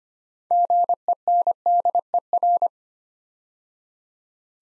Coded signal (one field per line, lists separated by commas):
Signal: Morse code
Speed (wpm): 25 wpm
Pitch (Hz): 700 Hz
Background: none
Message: GENDER